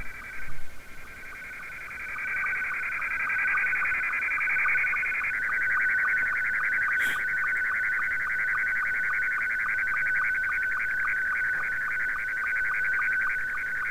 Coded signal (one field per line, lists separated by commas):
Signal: SSTV (slow-scan television)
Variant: Scottie 2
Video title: Recap of Pirate Radio Activity 2 September 2022